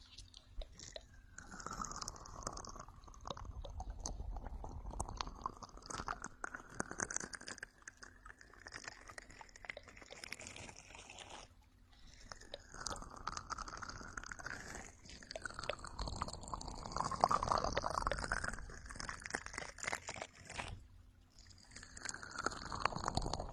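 A face-washing brush and a rain stick make dense, trickling clicks that swell and fade in long passes, each with a whooshing tone sweeping up and back down. Short pauses fall near 7, 12 and 21 seconds, over a faint steady hum.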